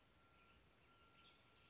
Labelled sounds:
Western Tanager (Piranga ludoviciana)
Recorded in Sonoma County, California

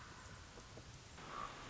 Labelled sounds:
Common Raven (Corvus corax)
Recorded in Sonoma County, California

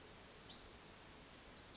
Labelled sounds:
Western Flycatcher (Empidonax difficilis)
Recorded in Sonoma County, California

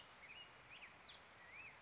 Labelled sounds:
Black-headed Grosbeak (Pheucticus melanocephalus)
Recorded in Sonoma County, California

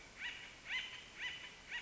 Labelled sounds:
Acorn Woodpecker (Melanerpes formicivorus)
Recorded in Sonoma County, California

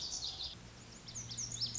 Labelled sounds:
Lazuli Bunting (Passerina amoena)
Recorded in Sonoma County, California

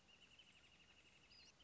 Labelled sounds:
Wrentit (Chamaea fasciata)
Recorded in Sonoma County, California

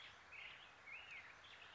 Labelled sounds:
Black-headed Grosbeak (Pheucticus melanocephalus)
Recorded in Sonoma County, California

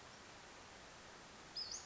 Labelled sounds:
Western Flycatcher (Empidonax difficilis)
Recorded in Sonoma County, California

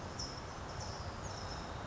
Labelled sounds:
California Towhee (Melozone crissalis)
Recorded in Sonoma County, California

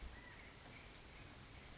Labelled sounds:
California Quail (Callipepla californica)
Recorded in Sonoma County, California

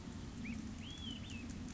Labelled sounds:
Olive-sided Flycatcher (Contopus cooperi)
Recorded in Sonoma County, California

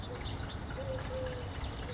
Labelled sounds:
Eurasian Collared Dove (Streptopelia decaocto)
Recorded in Sonoma County, California

